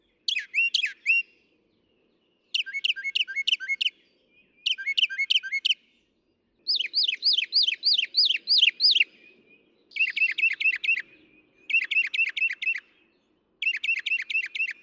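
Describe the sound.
Northern mockingbird song, a long series of distinct phrases, each repeating one chirpy syllable several times quickly, with brief gaps between phrase changes.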